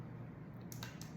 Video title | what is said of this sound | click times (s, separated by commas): Using the RoHs Camera | I have to use my fingernail cuz they're so narrow to kind of put the pressure in the middle of it until you hear that click | 0.7 s